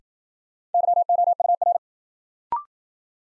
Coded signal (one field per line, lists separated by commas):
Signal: Morse code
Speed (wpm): 55 wpm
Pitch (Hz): 700 Hz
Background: none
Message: YOUR